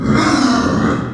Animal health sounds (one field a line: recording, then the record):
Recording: squeal of a Yucatan mini pig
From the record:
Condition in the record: after surgery on the right vocal fold (resection and tissue-engineered implant)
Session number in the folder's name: 7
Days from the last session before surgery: 47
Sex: female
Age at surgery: 19 weeks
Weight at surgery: 25 kg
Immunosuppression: prednisolone